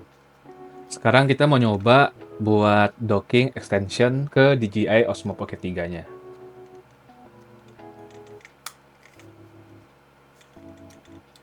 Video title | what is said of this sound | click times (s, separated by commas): Unboxing Gear untuk Youtuber Pemula 📸#unboxing #djiosmopocket3 #youtubeindonesia | lumayan keras harus ada bunyi klikliknya baru itu bakal kepasang Nah | 8.7 s